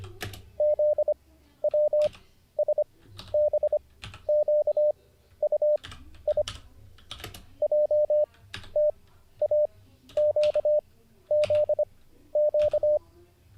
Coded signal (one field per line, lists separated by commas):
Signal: Morse code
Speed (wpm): 25 wpm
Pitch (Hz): 600 Hz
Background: none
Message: ZWSBQUI JTAQZQ